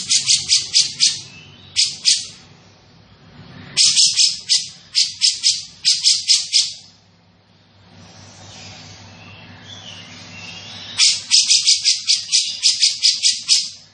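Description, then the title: Grey-cheeked bulbul chattering in quick runs of rasping, buzzy notes, broken by several pauses and one longer quiet stretch with soft background noise. Bird described as in full, active voice ('gacor'), with a dense, clear sound. "Cucak Jenggot Gacor, Suara Rapat Dan Jernih"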